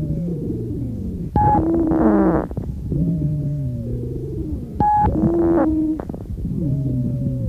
The lowest frequency, called the fundamental, sets the pitch of the wheeze. Wheezes may be described as high-pitched, in which case they are also called sibilant ronchi. A high-pitched wheeze.